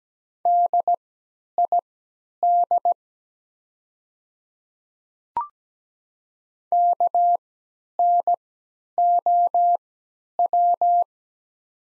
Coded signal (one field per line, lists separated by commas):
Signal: Morse code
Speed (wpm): 17 wpm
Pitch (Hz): 700 Hz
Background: none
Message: DID KNOW